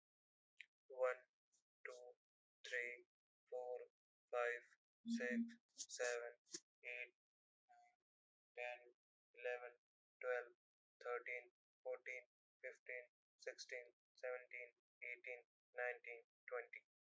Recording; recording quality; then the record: counting at a normal pace; moderate, slight background noise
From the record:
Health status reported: healthy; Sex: male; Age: 23 years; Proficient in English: yes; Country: India